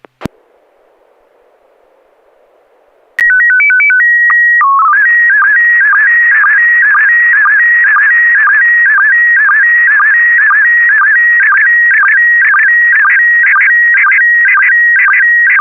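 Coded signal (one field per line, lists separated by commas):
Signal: SSTV (slow-scan television)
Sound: brief beep, a stepped calibration header, then a steady warbling whine with regular low chirps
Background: faint radio hiss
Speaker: rs0iss on the left and a1ss on the right women in space picture of linda in her astronaut suit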